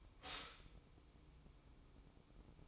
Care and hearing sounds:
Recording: daily activity, microphone in the room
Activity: stop toaster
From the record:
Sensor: 1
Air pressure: 1007.2 hPa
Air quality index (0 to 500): 76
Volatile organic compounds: 1 ppm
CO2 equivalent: 662 ppm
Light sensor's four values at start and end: 7/16/6/7 and 7/16/6/7

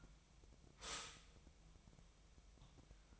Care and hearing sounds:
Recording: daily activity, microphone in the room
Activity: stop toaster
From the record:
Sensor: 1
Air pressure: 1002.0 hPa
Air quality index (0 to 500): 238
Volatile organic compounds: 43 ppm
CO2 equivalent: 3196 ppm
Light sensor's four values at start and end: 10/35/12/14 and 10/35/12/14

